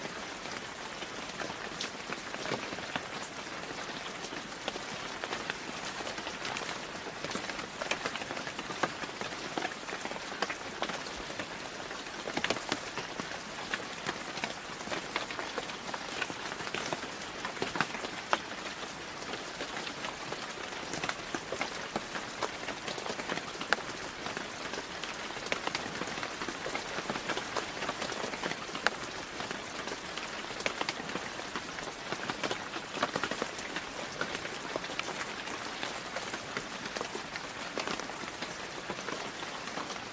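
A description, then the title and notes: Steady rain falls throughout, a dense hiss of drops striking a surface with countless tiny ticks and patters. The sound is bright, holding an even level for the whole forty seconds with little low rumble beneath it. RAIN ambient sounds.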